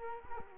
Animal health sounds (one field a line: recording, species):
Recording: mosquito wingbeat signal from an infrared sensor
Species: Culex quinquefasciatus